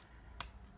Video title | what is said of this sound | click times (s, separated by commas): Actual Weight and Close look At Barfly MTB Garmin Mount | snaps into place | 0.4 s